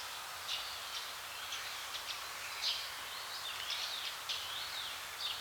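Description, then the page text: Greenish warbler song, thin high twittering phrases and short trills repeated throughout, faint against a steady hiss of background noise. "Greenish Warbler Song Quick Sounds"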